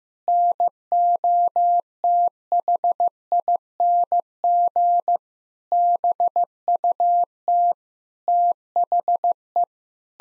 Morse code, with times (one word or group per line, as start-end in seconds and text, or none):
0.3-5.2 NOTHING
5.7-7.7 BUT
8.3-9.6 THE